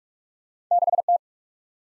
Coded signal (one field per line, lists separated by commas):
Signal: Morse code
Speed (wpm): 38 wpm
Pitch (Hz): 700 Hz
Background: none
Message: 6 T